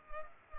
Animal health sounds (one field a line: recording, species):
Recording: mosquito wingbeat signal from an infrared sensor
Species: Culex pipiens